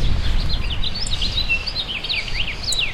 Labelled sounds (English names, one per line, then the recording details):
House Finch song
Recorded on Long Island, New York, on 26 May 2012
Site OB
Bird A